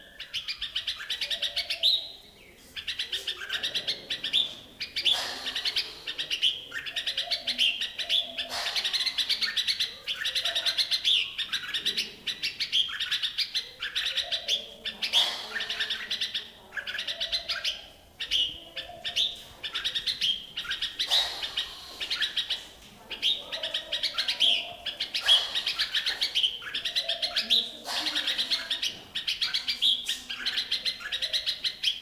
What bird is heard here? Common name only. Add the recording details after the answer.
Red-whiskered Bulbul. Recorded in captivity. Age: adult. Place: Zoo Berlin, Berlin, DE. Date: 2002-09-04 15:51. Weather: fair, 24 - 26°C. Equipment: Nagra SN, Kopie Uher 4000 Report Monitor. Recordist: Tembrock, Günter